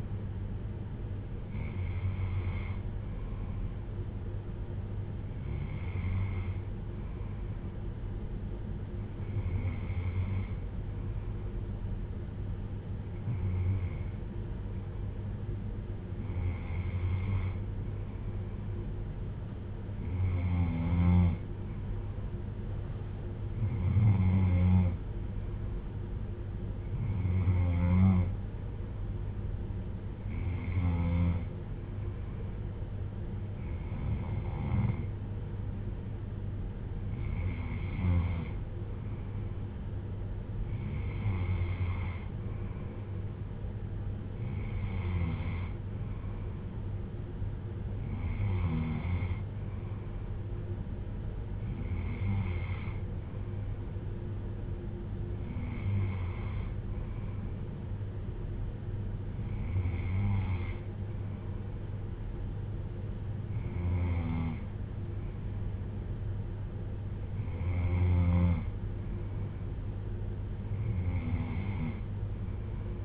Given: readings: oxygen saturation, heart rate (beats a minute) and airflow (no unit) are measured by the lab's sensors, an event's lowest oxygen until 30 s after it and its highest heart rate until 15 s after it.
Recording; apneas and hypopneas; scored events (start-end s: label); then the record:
breathing in sleep by a smartphone at the bedside; none
none scored
From the record:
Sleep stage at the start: N2 (light sleep); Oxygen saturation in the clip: 94 to 95%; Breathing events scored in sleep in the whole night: 310 in 8.1 hours asleep